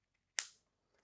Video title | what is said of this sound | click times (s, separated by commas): DIY Wooden Desk Lamp | once you hear that click they're securely fastened and you can go ahead and move your strain relief up | 0.4 s